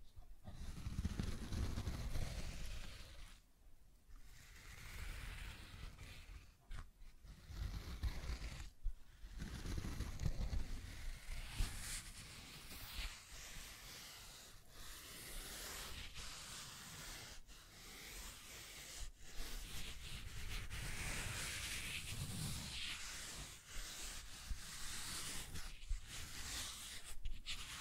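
Scratching and tracing sounds, a rough rubbing like something dragged or sanded across a surface, runs through the whole stretch. The strokes come in uneven bursts with several brief near-silent breaks, and a low rumbling underlay swells and fades beneath the hissing scrape.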